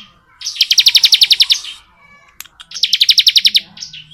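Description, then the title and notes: Bar-winged prinia singing two fast trills of bright, buzzy repeated notes, the second followed by a brief slurred note. Ngebren song style, used as tutor audio for white-rumped shamas. "Ciblek Ngebren Untuk Masteran Murai Batu. Suara Nada"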